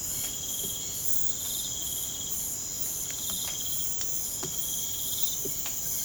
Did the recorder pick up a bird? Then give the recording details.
no. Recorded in pastures near Puerto Asís, Putumayo, Colombia, on 25 June 2025 at 00:00. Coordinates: 0.472, -76.331. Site G095